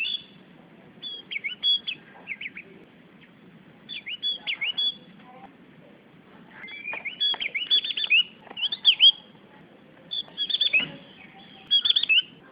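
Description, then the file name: Javan grey-throated white-eye singing in short bursts of high, slurred, rapid chirps, with pauses between phrases throughout. "opiorjawa"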